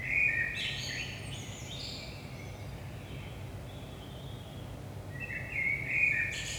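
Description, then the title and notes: Common blackbird song: a fluted phrase near the start and another at the end with a high twittery tail, a quiet pause between, over a low steady hum. Recorded at 5 am in early morning in Saint-Gilles, Belgium, using a DPA 4060 microphone pair in AB position into a Zoom F3 recorder. "Saint-Gilles, Belgique - 5am Blackbird. Blackbird in the morning. Merle au petit matin"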